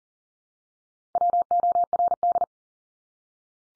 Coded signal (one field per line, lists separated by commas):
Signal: Morse code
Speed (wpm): 40 wpm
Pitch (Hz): 700 Hz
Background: none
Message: WORD